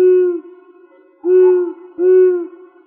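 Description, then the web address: Long-eared owl giving three low, steady hoots, each about half a second long, the second and third closer together. "Asio otus"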